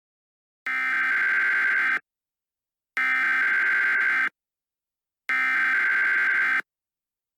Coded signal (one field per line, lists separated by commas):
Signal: Emergency Alert System (SAME) tones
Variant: header bursts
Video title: EAS Scenario - Infectious Smile: Smile-22 pandemic